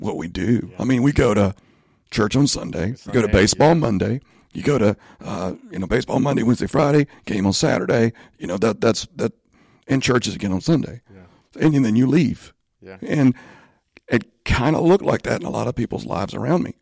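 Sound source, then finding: Adult male speaker. Spasmodic dysphonia.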